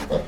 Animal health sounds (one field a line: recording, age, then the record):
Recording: pig call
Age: piglet (1 to 25 days)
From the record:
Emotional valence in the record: positive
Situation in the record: reunion after long isolation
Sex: male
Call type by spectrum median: low-frequency call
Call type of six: low-frequency tonal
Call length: 0.28 s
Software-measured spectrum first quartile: 251 Hz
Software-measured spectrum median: 496 Hz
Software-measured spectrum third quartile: 745 Hz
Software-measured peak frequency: 515 Hz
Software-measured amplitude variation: 180 dB a second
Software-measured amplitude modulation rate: 14.3 a second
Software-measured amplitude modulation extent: 12.6 dB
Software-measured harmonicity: 3.3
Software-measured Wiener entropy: -0.58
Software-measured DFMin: 987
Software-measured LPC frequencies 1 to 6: 526, 1805, 3447, 4987, 6633, 7747 Hz